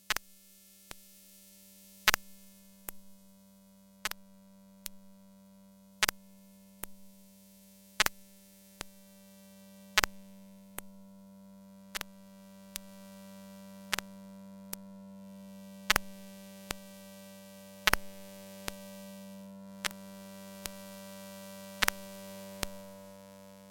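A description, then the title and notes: A battery charger picked up through a coil pickup gives a steady low electrical hum with a few fixed higher tones above it. Sharp clicks pulse through it about once a second, some louder than others. The hum swells slightly after the midpoint. Sounds of a battery charger via a coil pickup microphone. Lovely, glitched out, tweeky sound. JrF coil pickup microphone -> Aquarium Audio adapter -> Sound Devices MixPre 3.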